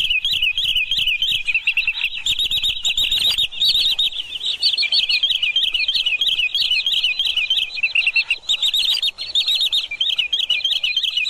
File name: tieng choat bung trang